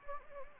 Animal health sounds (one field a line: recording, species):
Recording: mosquito wingbeat signal from an infrared sensor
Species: Anopheles gambiae